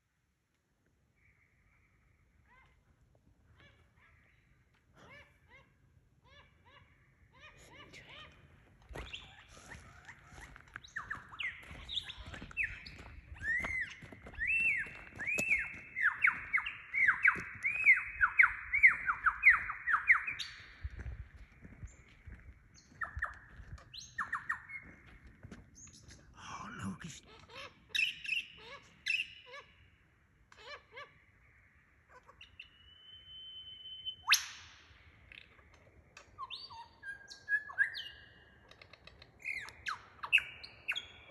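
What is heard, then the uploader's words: A lyrebird in forest pours out loud, varied calls, rapid chattering runs and sharp clicks, strongest midway, then scattered whistles near the end. Lyrebird, Toolangi State Forest.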